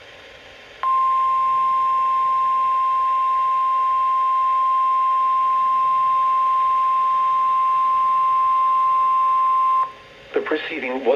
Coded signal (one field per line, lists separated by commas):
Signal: Emergency Alert System (SAME) tones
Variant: 1050 Hz attention tone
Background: speech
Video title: EAS Catch #17: Required Weekly Test (2/19/20)